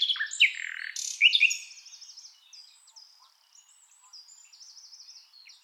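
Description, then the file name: Common nightingale song phrases: loud varied chirps and a sweeping note early on, then softer trilled and warbling fragments fading into quiet twitters. "Luscinia megarhynchos"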